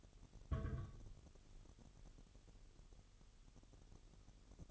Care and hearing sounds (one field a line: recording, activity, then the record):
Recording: daily activity, microphone in the room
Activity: place on stove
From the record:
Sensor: 4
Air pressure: 989.1 hPa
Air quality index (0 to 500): 211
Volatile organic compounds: 59 ppm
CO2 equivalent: 3409 ppm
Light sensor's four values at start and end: 29/99/37/38 and 29/99/37/39